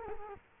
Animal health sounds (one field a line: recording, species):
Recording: mosquito wingbeat signal from an infrared sensor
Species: Culex quinquefasciatus